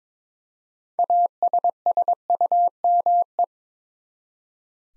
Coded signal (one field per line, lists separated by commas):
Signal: Morse code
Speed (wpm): 22 wpm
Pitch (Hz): 700 Hz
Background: none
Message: ASSUME